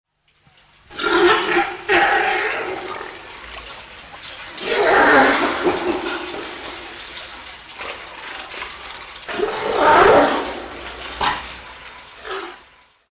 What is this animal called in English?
South American Fur Seal